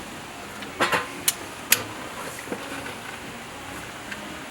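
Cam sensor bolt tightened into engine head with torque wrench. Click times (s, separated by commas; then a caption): 1.3 s, 1.7 s. A torque wrench set to about 20 Nm tightens the retaining bolts of a freshly fitted cam sensor into an engine head. After some soft rattling and handling noise, the wrench gives two sharp clicks at 1.3 and 1.7 seconds, one for each bolt, followed by a faint tap near the end.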